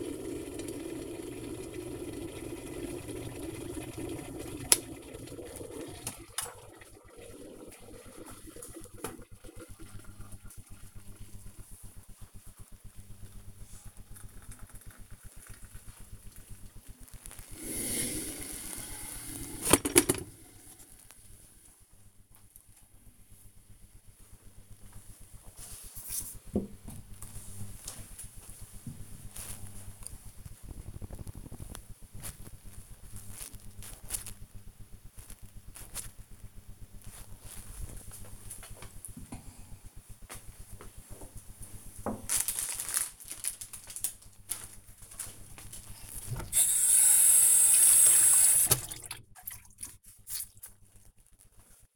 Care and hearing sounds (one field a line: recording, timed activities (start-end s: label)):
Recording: household activities, microphone on the right wrist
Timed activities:
0.00-19.53 s: making tea
46.75-51.96 s: cleaning table